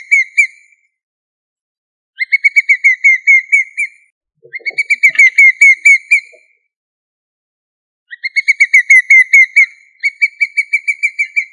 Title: manok ostrali